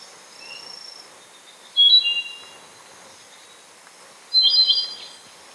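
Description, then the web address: Andean solitaire singing, soft thin whistles, then two brief ringing phrases a few seconds apart over quiet background hiss. Recorded in Ecuador. "Birds of Ecuador. Andean Solitaire"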